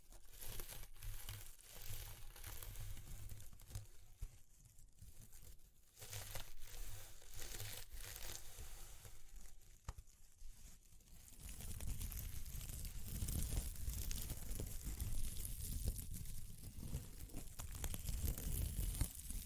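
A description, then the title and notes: Crinkling, crunching and tearing sounds handled at a steady, busy pace, full of quick sharp clicks and rustles. The first half is lighter and hissier; from about eleven seconds a deeper rumbling crunch joins in and the sound grows fuller and louder. ASMR Exploring Textures (No Talking).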